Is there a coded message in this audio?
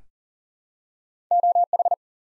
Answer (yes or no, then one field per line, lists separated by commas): yes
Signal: Morse code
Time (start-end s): 1.3-1.9 s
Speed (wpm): 41 wpm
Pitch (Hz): 700 Hz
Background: none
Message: OH